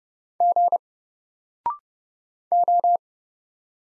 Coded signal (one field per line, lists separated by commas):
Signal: Morse code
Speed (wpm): 30 wpm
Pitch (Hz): 700 Hz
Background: none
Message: G O